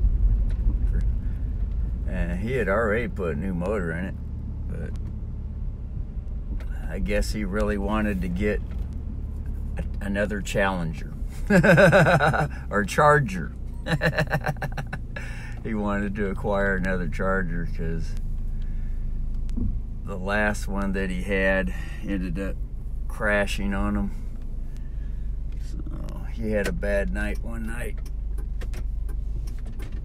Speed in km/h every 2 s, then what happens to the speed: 5, 1, 1, 5, 5, 2, 2, 1, 1, 0, 0, 0, 1, 1, 1.
2-4 standing. 4-13 steady at about 2. 13-30 standing.